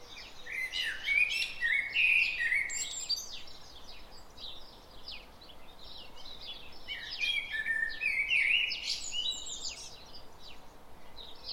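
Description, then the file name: Common blackbird song, two mellow warbled phrases, with many thin high chirps from other birds throughout. "Turdus merula"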